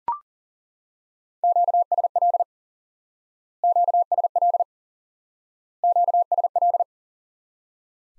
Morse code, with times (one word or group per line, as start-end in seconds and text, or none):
1.4-2.4 QSL
3.6-4.6 QSL
5.8-6.8 QSL